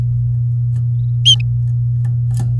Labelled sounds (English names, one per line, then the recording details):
Domestic Canary song
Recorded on 3 May 2018 at 19:25
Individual llb16